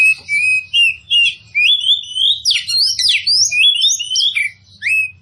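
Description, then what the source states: Oriental magpie-robin song: sweet slurred whistles and twittering notes in quick succession, rising and dipping in pitch, over a faint low hum. Local variety called kacer poci, described as gacor, singing vigorously and persistently.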